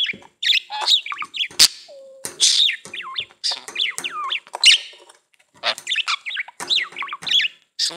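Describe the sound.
Budgerigar warbling song, a continuous stream of squeaky twitters, rising and falling whistled notes and harsh clicks with brief pauses.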